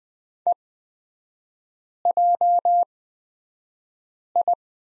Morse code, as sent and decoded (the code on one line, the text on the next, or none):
. .--- ..
EJI